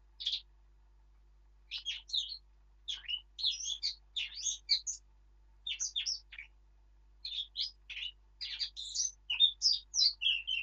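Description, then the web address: Eurasian blackcap singing varied warbled phrases of quick, high notes in short bursts separated by brief pauses. "birdsong Sylvia atricapilla"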